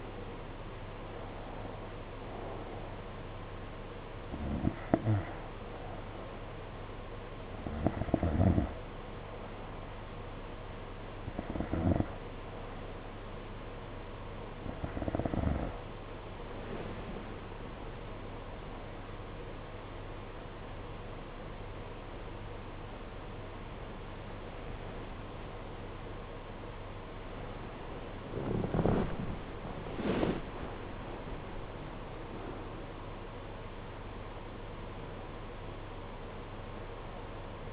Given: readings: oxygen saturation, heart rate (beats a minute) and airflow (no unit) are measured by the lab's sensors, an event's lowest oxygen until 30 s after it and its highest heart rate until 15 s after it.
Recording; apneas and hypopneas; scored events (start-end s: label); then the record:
breathing in sleep by a voice recorder at the bedside; 1
11.00-29.80 s: hypopnea (N1, oxygen 95% highest, then 93% lowest, heart rate 52 at the start, 69 highest)
From the record:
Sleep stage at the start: N1 (lightest sleep); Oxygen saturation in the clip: 85 to 95%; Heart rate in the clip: 51 to 69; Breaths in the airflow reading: 13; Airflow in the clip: -6.9 to 7.1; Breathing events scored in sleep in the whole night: 476 in 9.7 hours asleep